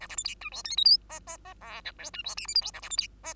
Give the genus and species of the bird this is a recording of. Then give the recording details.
Lonchura striata domestica. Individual Bird2